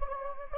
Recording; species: mosquito wingbeat signal from an infrared sensor; Anopheles gambiae